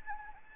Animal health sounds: mosquito wingbeat signal from an infrared sensor; Anopheles gambiae

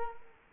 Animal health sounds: mosquito wingbeat signal from an infrared sensor; Culex quinquefasciatus

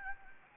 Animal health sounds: mosquito wingbeat signal from an infrared sensor; Anopheles gambiae

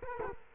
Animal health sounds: mosquito wingbeat signal from an infrared sensor; Culex quinquefasciatus

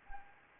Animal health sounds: mosquito wingbeat signal from an infrared sensor; Anopheles arabiensis

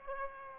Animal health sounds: mosquito wingbeat signal from an infrared sensor; Aedes aegypti

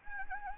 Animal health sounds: mosquito wingbeat signal from an infrared sensor; Anopheles gambiae

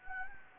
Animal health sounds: mosquito wingbeat signal from an infrared sensor; Anopheles gambiae

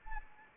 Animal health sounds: mosquito wingbeat signal from an infrared sensor; Anopheles arabiensis

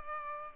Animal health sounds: mosquito wingbeat signal from an infrared sensor; Culex pipiens

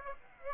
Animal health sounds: mosquito wingbeat signal from an infrared sensor; Aedes aegypti

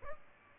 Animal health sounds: mosquito wingbeat signal from an infrared sensor; Aedes albopictus

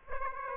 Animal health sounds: mosquito wingbeat signal from an infrared sensor; Aedes aegypti

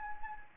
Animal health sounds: mosquito wingbeat signal from an infrared sensor; Anopheles gambiae

